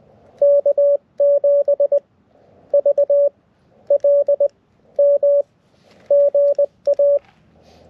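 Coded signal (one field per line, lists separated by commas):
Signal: Morse code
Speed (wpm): 20 wpm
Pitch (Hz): 570 Hz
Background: none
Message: K7VLM GA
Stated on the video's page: QRP CW summit activation on 7.062, 14.0635, 18.0835, 21.061 and 28.0635, vertical antenna, poor sending admitted.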